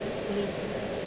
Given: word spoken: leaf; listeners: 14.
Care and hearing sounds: one English word in noise, from a listening test; speech-shaped noise; -4.1 dB; 0 of 14; 6 of 14; 0.66 s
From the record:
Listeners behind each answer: 6, 2, 1, 1, 1, 1, 1, 1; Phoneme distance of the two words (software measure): 20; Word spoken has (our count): 1 syllable, 3 phonemes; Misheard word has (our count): 1 syllable, 3 phonemes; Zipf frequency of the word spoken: 4.29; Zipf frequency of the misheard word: 4.80

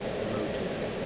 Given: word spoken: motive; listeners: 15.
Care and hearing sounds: one English word in noise, from a listening test; speech-shaped noise; -6.7 dB; 1 of 15; 6 of 15; 0.66 s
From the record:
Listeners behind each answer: 6, 2, 2, 1, 1, 1, 1, 1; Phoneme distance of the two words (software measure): 17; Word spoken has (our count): 2 syllables, 5 phonemes, stress on syllable 1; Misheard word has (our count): 2 syllables, 4 phonemes, stress on syllable 1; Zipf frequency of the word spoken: 3.61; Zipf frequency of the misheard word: 4.25

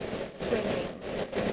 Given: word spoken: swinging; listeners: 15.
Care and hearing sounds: one English word in noise, from a listening test; noise modulated by three-talker babble; -4.7 dB; 3 of 15; 7 of 15; 1.13 s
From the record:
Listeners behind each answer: 7, 3, 2, 1, 1, 1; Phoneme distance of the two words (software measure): 10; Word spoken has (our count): 2 syllables, 6 phonemes, stress on syllable 1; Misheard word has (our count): 2 syllables, 6 phonemes, stress on syllable 1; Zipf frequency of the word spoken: 3.95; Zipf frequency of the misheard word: 4.55

